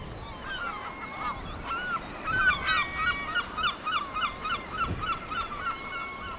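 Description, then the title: Seabirds crying in a crowded chorus, a thin drawn note threading through, then a loud burst of fast, rhythmic yelps from many birds over wind noise. Seabird colony on two islets east of Cap Fréhel, France; 5 June 2009; windy day; birds calling incessantly; mono recording. "Oiseaux marins au Cap Fréhel"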